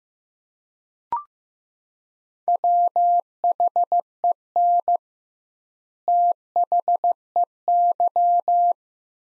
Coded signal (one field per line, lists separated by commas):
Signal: Morse code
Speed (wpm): 15 wpm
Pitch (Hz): 700 Hz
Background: none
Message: WHEN THEY